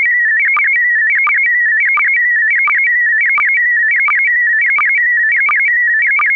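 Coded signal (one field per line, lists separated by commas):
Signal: SSTV (slow-scan television)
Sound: warbling stepped tone around 2 kHz with a brief low chirp every 0.7 seconds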